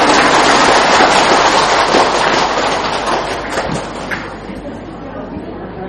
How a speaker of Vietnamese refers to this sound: Không, vậy cho tràng pháo tay đi.